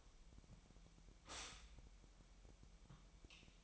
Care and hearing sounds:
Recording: daily activity, microphone in the room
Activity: stop toaster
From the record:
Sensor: 1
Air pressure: 1002.0 hPa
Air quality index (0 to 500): 240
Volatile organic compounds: 44 ppm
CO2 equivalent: 3214 ppm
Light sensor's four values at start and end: 10/35/12/14 and 10/35/12/14

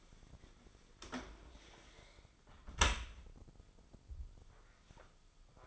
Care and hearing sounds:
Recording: daily activity, microphone in the room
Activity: close dishwasher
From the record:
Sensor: 5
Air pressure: 995.8 hPa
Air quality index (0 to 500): 105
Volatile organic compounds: 7 ppm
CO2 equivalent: 2023 ppm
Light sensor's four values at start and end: 42/100/41/44 and 41/99/41/44

